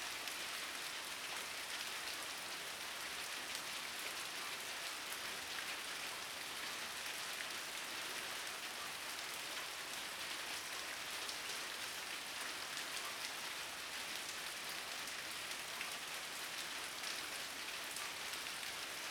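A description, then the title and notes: Steady rain falls throughout, a dense, even hiss of countless drops with no pauses or changes in strength. The sound sits mostly in the bright, high range with little low rumble, and the patter stays uniform from start to finish. Rain Sounds White Noise. Recorded in the Rain Forests of Costa Rica.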